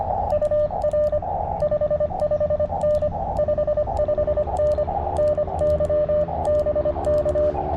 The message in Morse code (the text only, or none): UR 55N 55N NYBK